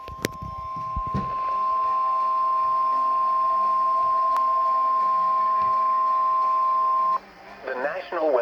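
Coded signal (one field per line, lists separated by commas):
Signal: Emergency Alert System (SAME) tones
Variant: 1050 Hz attention tone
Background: speech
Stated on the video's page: Severe thunderstorm warning from weather radio.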